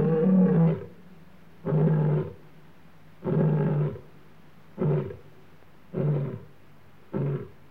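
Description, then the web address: Lion roaring: six low, grunting roars, the first longest and the later ones shorter, coming at slightly uneven intervals that shorten toward the end. Male lion roaring in Africa, recorded against a clean background. "Sound Effects Library-30 (Africa- The Natural World) 14 Male Lion roaring"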